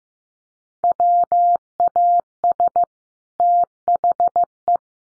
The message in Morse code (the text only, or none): WAS THE